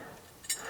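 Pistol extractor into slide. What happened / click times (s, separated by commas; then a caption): The small steel part snapped into its seat / 0.5 s. A punch presses down and nudges the extractor of a Colt Commander Series 80 1911 rearward until it lines up with its tunnel in the steel slide. After a faint scrape at 0.45 seconds, a sharp little snap at 0.5 seconds marks the extractor seating into the slide.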